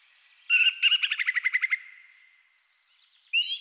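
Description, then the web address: Thrush song: a fast series of about a dozen sharp repeated notes, then after a pause a bright rising phrase begins. Several thrushes singing at twilight; track from a Hungarian nature-sounds collection (Agykontroll CD 3). "agykontroll CD 3-A természet hangjai - Rigók szürkületkor"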